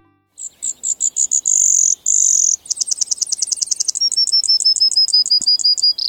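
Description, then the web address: Brewer's Sparrow song: a long, high chain of trills, starting with slow separate notes, then a buzzy run, then faster rattled trills at shifting pitches. Sings in sageland. "Birdnote. Brewers Sparrow Sageland Singer"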